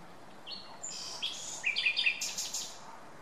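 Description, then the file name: Common nightingale delivering a varied, rather soft phrase of whistles that builds into several quick downslurred notes and a brief burst of harsh sound. "Luscinia megarhynchos"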